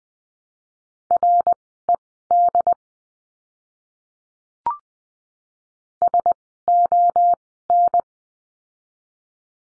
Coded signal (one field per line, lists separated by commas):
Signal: Morse code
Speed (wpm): 20 wpm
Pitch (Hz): 700 Hz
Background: none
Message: RED SON